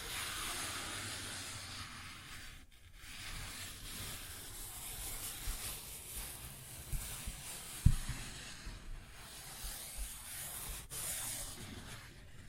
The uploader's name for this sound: Paper Bag Tapping and Scratching Sounds